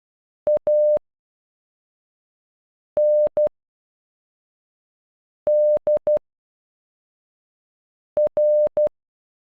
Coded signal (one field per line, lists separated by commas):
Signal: Morse code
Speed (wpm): 12 wpm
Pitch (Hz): 600 Hz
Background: none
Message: A N D R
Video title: Andre in Morse code